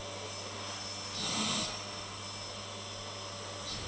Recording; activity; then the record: daily activity, microphone in the room; vacuum cleaning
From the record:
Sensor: 4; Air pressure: 1000.9 hPa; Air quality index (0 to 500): 138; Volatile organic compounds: 2 ppm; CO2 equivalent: 1024 ppm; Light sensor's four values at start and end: 29/69/29/31 and 29/69/29/31